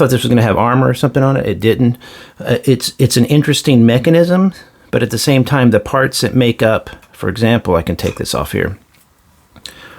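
Someone talks, then pulls a small three-part plastic hinge piece off a limb of a snap-fit Zoids Liger Zero Marking Plus Ver. model kit. A sharp, short hit is heard at 9.7 s as the hinge part pops off and is released.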